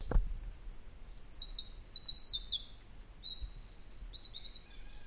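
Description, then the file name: Eurasian wren song: a brief knock at the start, then a long, energetic stream of high, piercing trills and quick notes that runs without pause. "Troglodytes troglodytes"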